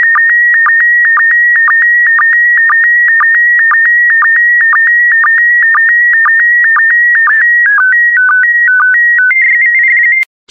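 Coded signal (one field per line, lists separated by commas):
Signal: SSTV (slow-scan television)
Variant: PD120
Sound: steady warbling tone near 1.9 kHz with rhythmic low blips, then stepped tones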